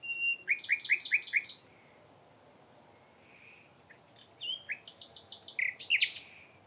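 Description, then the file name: Common nightingale song: two bursts of rapid repeated chirping notes, each phrase a quick run of four or five sharp notes, with a softer warble between them. "Luscinia megarhynchos"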